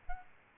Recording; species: mosquito wingbeat signal from an infrared sensor; Aedes albopictus